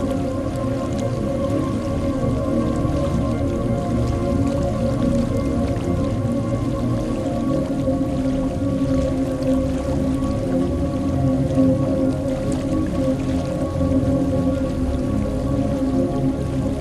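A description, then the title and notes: Water washes and churns steadily underneath, a dense low rumble with a bubbling, squishy texture. Held, droning tones from the background music sit on top and stay level for the whole stretch. Overall loudness barely changes, with no distinct breaks or separate events. Water Wave Sound with background music.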